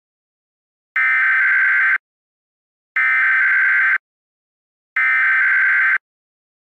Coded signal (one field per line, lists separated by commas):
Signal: Emergency Alert System (SAME) tones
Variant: header bursts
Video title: EAS of the Week 6-1-2019